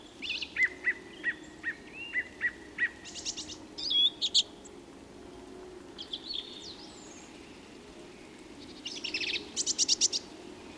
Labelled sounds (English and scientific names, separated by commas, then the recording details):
Song Thrush (Turdus philomelos) song
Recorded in the wild
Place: Kaiserslautern, Rheinland-Pfalz, DE
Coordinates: 49.4133, 7.7675
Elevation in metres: 387
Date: 1975-03-15
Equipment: Nagra IV
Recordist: Tretzel, Erwin